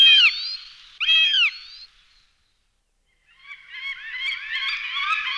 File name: Jestrab lesni Accipiter gentilis